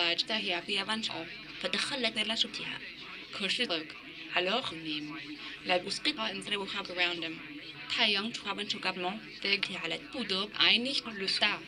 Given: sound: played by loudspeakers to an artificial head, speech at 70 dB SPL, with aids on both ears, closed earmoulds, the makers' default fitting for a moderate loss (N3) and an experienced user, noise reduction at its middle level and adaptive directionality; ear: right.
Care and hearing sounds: speech test signal (ISTS) in cocktail-party noise; +9 dB; on the right (90 degrees)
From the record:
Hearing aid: class 2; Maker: D

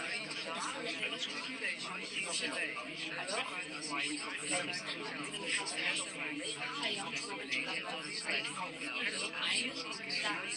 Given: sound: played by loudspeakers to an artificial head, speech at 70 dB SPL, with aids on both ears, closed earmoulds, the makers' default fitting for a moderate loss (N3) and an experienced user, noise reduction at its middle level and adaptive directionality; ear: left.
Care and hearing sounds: speech test signal (ISTS) in cocktail-party noise; -6 dB; on the right (90 degrees)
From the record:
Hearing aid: class 2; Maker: I

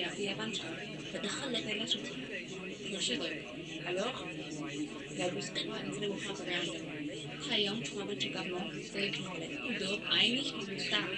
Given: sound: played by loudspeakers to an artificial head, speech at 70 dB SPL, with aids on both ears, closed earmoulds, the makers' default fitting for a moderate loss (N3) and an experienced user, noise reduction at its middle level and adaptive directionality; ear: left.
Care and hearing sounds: speech test signal (ISTS) in cocktail-party noise; 0 dB; on the right (90 degrees)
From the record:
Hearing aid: class 1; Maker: C

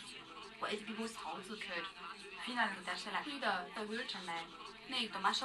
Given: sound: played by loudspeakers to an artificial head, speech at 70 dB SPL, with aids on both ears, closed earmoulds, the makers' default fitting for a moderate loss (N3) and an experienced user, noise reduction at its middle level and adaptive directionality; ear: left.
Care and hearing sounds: speech test signal (ISTS) in cocktail-party noise; +9 dB; on the right (90 degrees)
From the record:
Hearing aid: class 1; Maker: E

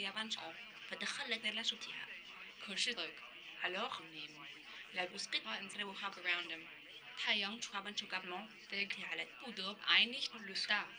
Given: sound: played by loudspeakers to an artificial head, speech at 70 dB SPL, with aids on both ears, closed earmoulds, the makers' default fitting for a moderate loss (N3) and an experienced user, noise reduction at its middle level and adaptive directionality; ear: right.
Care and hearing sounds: speech test signal (ISTS) in cocktail-party noise; +9 dB; in front (0 degrees)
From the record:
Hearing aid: class 2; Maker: F

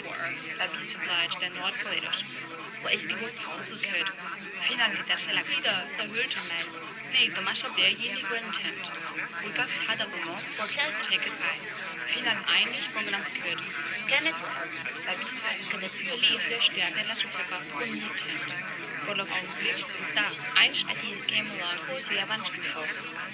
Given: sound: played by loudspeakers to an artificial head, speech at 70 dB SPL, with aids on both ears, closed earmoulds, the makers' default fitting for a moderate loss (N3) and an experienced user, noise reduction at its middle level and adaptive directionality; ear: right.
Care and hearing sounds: speech test signal (ISTS) in cocktail-party noise; -6 dB; on the right (90 degrees)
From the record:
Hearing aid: class 2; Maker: G

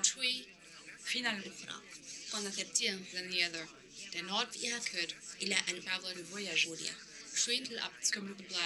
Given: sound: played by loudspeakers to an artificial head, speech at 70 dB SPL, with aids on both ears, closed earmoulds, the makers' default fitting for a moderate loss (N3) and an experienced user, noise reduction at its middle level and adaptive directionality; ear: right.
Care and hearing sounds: speech test signal (ISTS) in cocktail-party noise; +9 dB; in front (0 degrees)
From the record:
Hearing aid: class 1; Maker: J

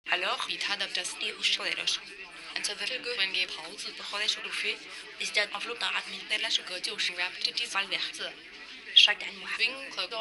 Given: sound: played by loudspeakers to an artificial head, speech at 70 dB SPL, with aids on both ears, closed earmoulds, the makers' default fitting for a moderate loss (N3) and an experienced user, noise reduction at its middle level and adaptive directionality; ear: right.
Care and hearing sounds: speech test signal (ISTS) in cocktail-party noise; +3 dB; in front (0 degrees)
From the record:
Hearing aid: class 2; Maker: B

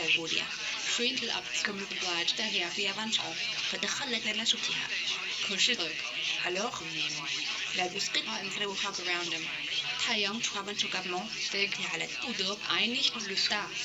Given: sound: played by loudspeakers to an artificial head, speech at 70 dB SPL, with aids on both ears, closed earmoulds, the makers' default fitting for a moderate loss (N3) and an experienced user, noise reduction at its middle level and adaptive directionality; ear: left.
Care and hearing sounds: speech test signal (ISTS) in cocktail-party noise; +9 dB; in front (0 degrees)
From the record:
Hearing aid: class 1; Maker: A

